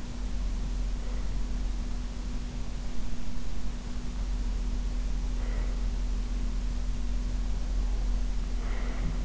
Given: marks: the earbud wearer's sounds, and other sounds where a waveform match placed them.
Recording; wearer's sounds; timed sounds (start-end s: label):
sounds in sleep by an in-ear microphone; breath
1.02-1.65 s: breath
5.27-5.96 s: breath
7.61-9.25 s: breath